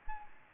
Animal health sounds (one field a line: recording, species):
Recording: mosquito wingbeat signal from an infrared sensor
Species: Anopheles gambiae